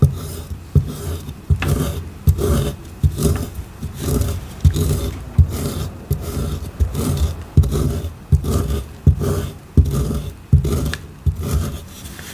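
Crisp scraping and carving of gym chalk, with sharp gritty strokes repeating roughly every second alongside crumbly rubbing.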